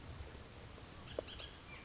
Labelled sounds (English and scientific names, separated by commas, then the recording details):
Bullock's Oriole (Icterus bullockii)
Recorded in Sonoma County, California